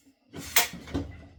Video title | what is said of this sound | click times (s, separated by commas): MILWAUKEE Rocket Dual Power Light Unboxing | boom I didn't have it clicked in a while ago it clicked in there now | 0.6 s